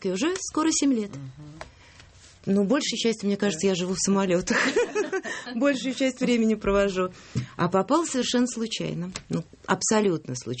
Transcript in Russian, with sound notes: Уже скоро 7 лет. Ну, большей частью, мне кажется, я живу в самолетах… (смех) Большую часть времени провожу. А попала совершенно случайно. Ну, абсолютно случайно.